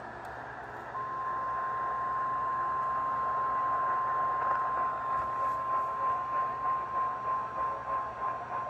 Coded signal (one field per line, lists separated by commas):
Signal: Emergency Alert System (SAME) tones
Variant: 1050 Hz attention tone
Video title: Severe Thunderstorm Warning On WLAC-AM - 9/23/25 (EAS #4700)